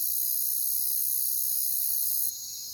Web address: Echoes of Nature - Jungle Talk Crickets